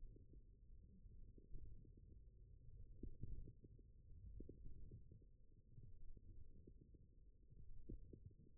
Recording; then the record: forearm muscle sounds (acoustic myography)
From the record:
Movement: wrist extension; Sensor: system 1, eight BSWA MPA416 microphones around the upper forearm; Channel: 7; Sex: male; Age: 20 years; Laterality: left